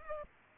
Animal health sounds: mosquito wingbeat signal from an infrared sensor; Culex pipiens

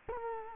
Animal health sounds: mosquito wingbeat signal from an infrared sensor; Culex quinquefasciatus

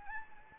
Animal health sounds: mosquito wingbeat signal from an infrared sensor; Anopheles gambiae

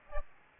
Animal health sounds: mosquito wingbeat signal from an infrared sensor; Aedes aegypti

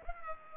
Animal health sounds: mosquito wingbeat signal from an infrared sensor; Culex pipiens

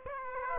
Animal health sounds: mosquito wingbeat signal from an infrared sensor; Aedes aegypti

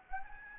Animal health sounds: mosquito wingbeat signal from an infrared sensor; Anopheles gambiae

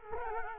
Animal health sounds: mosquito wingbeat signal from an infrared sensor; Culex quinquefasciatus

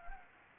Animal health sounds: mosquito wingbeat signal from an infrared sensor; Anopheles gambiae

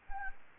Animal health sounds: mosquito wingbeat signal from an infrared sensor; Anopheles gambiae

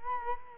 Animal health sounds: mosquito wingbeat signal from an infrared sensor; Culex quinquefasciatus

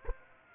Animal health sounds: mosquito wingbeat signal from an infrared sensor; Aedes aegypti

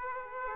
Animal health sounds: mosquito wingbeat signal from an infrared sensor; Aedes aegypti

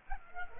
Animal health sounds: mosquito wingbeat signal from an infrared sensor; Culex pipiens

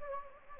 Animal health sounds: mosquito wingbeat signal from an infrared sensor; Anopheles gambiae

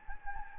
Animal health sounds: mosquito wingbeat signal from an infrared sensor; Anopheles gambiae

